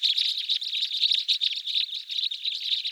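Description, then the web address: Red crossbill calls: a dense, continuous stream of high, sharp chirps overlapping throughout, with no low sounds beneath. Recorded in Slovenia. "Loxia curvirostra"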